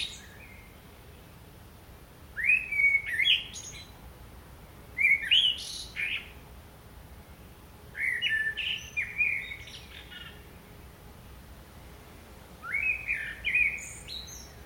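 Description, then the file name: Common blackbird song in four phrases, each a low fluty warble followed by a scratchy high flourish, separated by quiet pauses. "Turdus merula"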